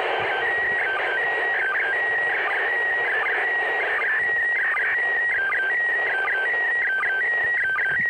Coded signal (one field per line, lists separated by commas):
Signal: SSTV (slow-scan television)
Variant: PD 180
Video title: Coolest ISS Slow Scan TV Image!